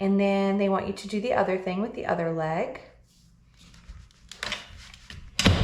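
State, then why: Seated. Someone talks, then the second leg of a folding garden kneeler frame is pulled upward, with a few light handling taps around 4.3–5.1 s. The leg snaps into its locked position with a sharp click at 5.4 s.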